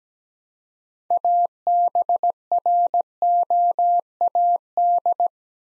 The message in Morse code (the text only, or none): ABROAD